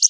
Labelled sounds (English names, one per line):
Wilson's Warbler flight call